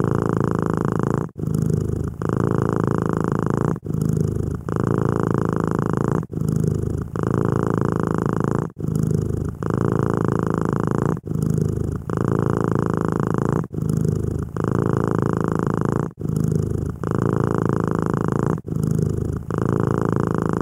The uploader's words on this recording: The soothing sounds of a purring cat. The gentle hum of a happy kitty.